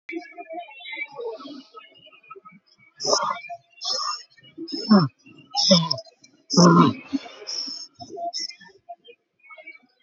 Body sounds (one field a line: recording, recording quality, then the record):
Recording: shallow breathing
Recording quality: moderate, slight background noise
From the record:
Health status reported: exposed to COVID-19, no respiratory illness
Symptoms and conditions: none ticked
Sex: male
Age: 24 years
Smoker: not ticked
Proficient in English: yes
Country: India